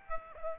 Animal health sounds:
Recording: mosquito wingbeat signal from an infrared sensor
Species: Aedes aegypti

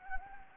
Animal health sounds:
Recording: mosquito wingbeat signal from an infrared sensor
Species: Anopheles gambiae

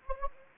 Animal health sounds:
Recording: mosquito wingbeat signal from an infrared sensor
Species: Anopheles gambiae

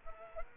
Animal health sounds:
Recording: mosquito wingbeat signal from an infrared sensor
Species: Culex quinquefasciatus

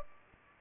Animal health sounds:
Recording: mosquito wingbeat signal from an infrared sensor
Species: Aedes albopictus

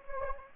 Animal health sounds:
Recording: mosquito wingbeat signal from an infrared sensor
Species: Anopheles gambiae

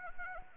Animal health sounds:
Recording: mosquito wingbeat signal from an infrared sensor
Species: Anopheles arabiensis

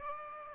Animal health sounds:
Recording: mosquito wingbeat signal from an infrared sensor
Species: Aedes aegypti

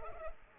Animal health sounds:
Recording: mosquito wingbeat signal from an infrared sensor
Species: Culex pipiens

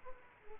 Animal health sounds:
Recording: mosquito wingbeat signal from an infrared sensor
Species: Aedes aegypti

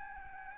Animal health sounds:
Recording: mosquito wingbeat signal from an infrared sensor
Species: Aedes albopictus

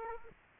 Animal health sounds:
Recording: mosquito wingbeat signal from an infrared sensor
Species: Aedes aegypti

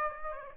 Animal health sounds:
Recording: mosquito wingbeat signal from an infrared sensor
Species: Aedes aegypti

